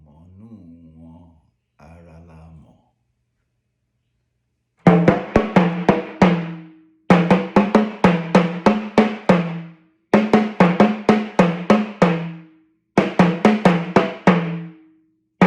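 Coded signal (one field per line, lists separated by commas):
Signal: talking drum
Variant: Yoruba, Sakara drum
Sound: short low murmur, then four phrases of about nine resonant drum strokes each, slightly bending pitch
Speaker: that doesn't amount as not as thought doesn't amount to the height of your knee and is threatening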